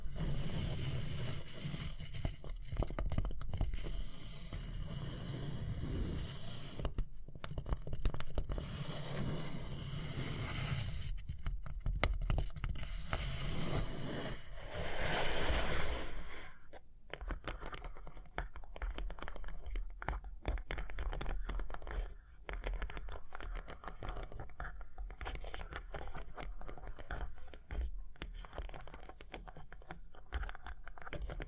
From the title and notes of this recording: Tapping and Scratching (No Talking).